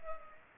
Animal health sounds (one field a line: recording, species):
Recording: mosquito wingbeat signal from an infrared sensor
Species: Culex pipiens